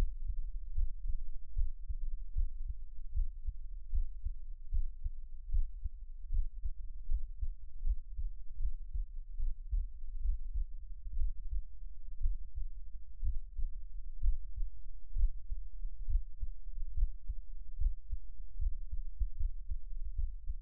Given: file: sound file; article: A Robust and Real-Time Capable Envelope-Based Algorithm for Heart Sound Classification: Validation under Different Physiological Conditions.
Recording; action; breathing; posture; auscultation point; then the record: heart sounds by electronic stethoscope; rest; deep; sitting; Erb’s point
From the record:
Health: healthy, no known heart disease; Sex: male